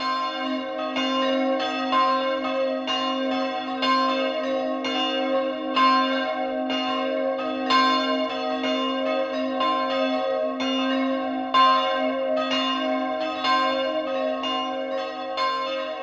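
Church bells ring the noon peal from a village parish church, several bells sounding together in a dense, continuous overlapping pattern. Strikes land roughly twice a second with a steady low hum beneath, and the level holds even and full throughout.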